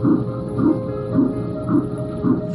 This is a sound of not just one, not just two, but three heartbeats. Who helped this mother of triplets choose life. The heartbeat of a preborn baby can be heard as early as 5 weeks on ultrasound.